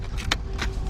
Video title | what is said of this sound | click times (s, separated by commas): ⭐ 2008 BMW 335Xi - 3.0 - Runs Rough - Stalls Out - NO START - No Power - Smokes - Part 2 | you go push it into it snaps into place BAM | 0.3 s